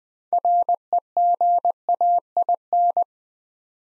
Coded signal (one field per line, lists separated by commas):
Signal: Morse code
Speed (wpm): 20 wpm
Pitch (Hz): 700 Hz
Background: none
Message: REGAIN